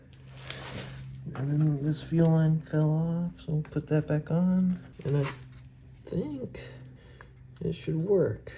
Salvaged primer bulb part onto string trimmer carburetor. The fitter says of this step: cuz this has to screw back onto here clicks back in